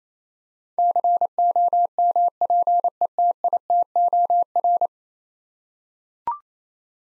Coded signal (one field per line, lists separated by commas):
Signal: Morse code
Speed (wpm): 28 wpm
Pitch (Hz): 700 Hz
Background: none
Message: COMPETITOR